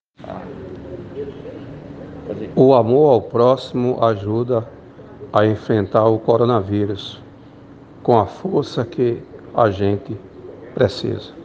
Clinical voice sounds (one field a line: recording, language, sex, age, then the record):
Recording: spoken sentence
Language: Brazilian Portuguese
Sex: male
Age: 50 to 59 years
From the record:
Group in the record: respiratory insufficiency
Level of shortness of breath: 5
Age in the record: 50 years